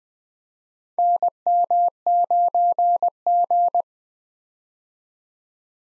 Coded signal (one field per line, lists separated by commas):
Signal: Morse code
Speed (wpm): 20 wpm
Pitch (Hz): 700 Hz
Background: none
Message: NM9G